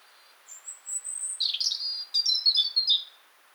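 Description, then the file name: European robin song: a sustained high whistle, then a jumble of quick sliding notes and a tumbling twittery run of varied tones. "Erithacus rubecula"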